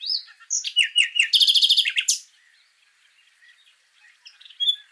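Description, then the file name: Common nightingale song of whistled notes and quick falling chirps running into a rapid rattling trill, followed by near silence with a few faint notes. "Luscinia megarhynchos"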